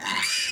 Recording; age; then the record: pig call; piglet (1 to 25 days)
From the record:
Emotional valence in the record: negative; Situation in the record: restrain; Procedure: sham castration, fixation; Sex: male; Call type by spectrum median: high-frequency call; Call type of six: low-frequency tonal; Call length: 0.53 s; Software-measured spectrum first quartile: 2090 Hz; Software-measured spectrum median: 3424 Hz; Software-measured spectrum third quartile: 5526 Hz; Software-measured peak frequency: 2078 Hz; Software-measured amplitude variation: 96 dB a second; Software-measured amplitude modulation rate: 23.8 a second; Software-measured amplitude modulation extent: 4.1 dB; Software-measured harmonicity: 1.8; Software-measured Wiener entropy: -1.82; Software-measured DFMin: 691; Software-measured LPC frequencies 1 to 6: 992, 1904, 2271, 2871, 3797, 4795 Hz